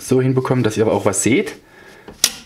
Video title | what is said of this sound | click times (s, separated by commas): Bosch GAS 35 L AFC Industriestaubsauger - Dust Extraction | dass rastet ein das ding jetzt wirklich bombenfest geht | 2.2 s